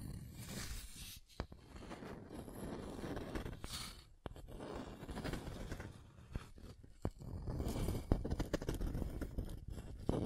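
Scratching and tracing across a surface, heard as rough, grainy strokes that swell and fade in bursts of a second or two. Sharp clicks and taps break in now and then, around 1.4, 4.2 and 7 seconds, with brief quiet gaps between strokes.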